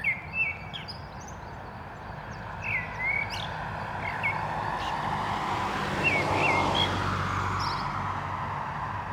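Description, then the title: Common blackbird song in short mellow warbled phrases with squeaky trills, several spread throughout, over loud steady road traffic with a vehicle swelling past. At Digue du Canal, Anderlecht, Brussels, Belgium, with car traffic; recorded with a mikroUsi Pro microphone into a Zoom F3 recorder. "Digue du Canal, Anderlecht, Bruxelles-Capitale, Belgique - Blackbird and cars"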